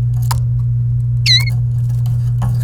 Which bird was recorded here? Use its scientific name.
Serinus canaria